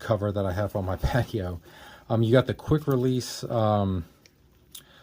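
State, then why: Seated. Someone talks while pushing the quick-release buckle on the nylon strap of a Genki Saya handheld console carrying case together until it locks. The buckle clicks shut with a sharp hit at 4.8 s, and the buckle is seated.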